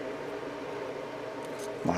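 A painted plastic part of a 1/144 model kit is pressed onto the torso assembly. After a steady low background, a short sharp click at 1.9 s shows the part locking into place, seated.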